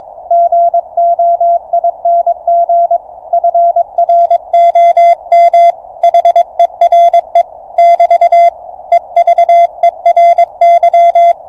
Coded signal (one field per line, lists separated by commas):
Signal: Morse code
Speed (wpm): 22 wpm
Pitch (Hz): 690 Hz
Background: radio noise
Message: GOING FROM HERE <BT> EVERY